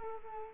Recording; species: mosquito wingbeat signal from an infrared sensor; Culex quinquefasciatus